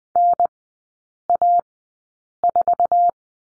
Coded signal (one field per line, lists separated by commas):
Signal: Morse code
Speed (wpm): 19 wpm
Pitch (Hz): 700 Hz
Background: none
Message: NA4